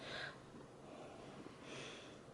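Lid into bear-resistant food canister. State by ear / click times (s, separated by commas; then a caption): not seated / none. Someone presses down and twists the plastic lid of a bear-resistant food canister, producing breathy bursts of hissing noise near the start and again around 1.7 seconds over a low, steady rumble. Nothing has seated or clicked yet, so the lid is still not locked.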